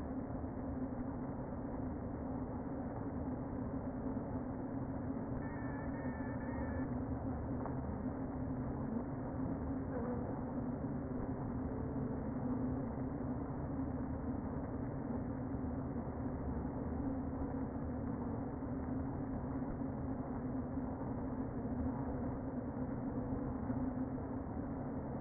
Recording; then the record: honeybee colony, microphone inside the hive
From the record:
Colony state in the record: queen present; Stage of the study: before two queens were removed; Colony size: about 60,000 bees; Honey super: yes